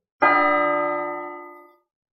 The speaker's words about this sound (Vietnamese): Tiếng chuông vang lên, một cái chuông vàng lớn từ trên cổ cá sấu hiện lên. Đó là thứ duy nhất còn sót lại của cấm khí cổ miếu màu vàng.